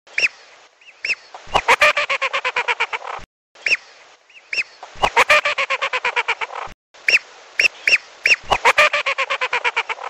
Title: Belibis Batu